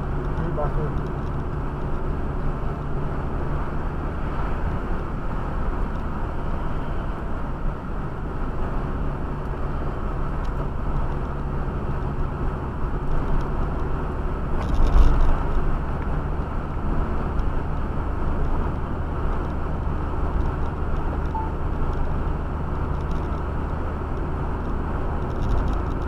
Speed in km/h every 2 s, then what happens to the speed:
66, 68, 69, 68, 67, 66, 66, 67, 69, 70, 71, 71, 72.
0-26 steady at about 68.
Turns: none.